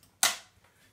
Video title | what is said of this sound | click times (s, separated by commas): Ninja BL492UK 2.1 Litre Blender Review | just drops in like that into the corresponding holes, and you turn clockwise to lock into place. | 0.2 s